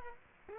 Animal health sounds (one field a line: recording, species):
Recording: mosquito wingbeat signal from an infrared sensor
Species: Culex quinquefasciatus